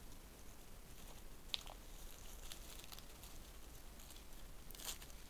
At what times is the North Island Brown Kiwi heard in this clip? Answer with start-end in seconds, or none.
none